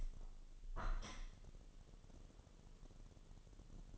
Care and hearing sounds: daily activity, microphone in the room; open window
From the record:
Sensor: 4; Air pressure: 1015.8 hPa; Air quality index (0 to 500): 78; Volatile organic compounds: 1 ppm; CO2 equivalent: 871 ppm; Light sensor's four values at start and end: 9/20/8/7 and 9/20/8/7

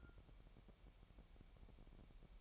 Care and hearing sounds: daily activity, microphone in the room; take from stove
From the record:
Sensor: 1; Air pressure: 1012.1 hPa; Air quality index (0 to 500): 222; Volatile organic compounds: 5 ppm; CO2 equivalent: 1777 ppm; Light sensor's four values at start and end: 65/154/64/67 and 65/154/64/67

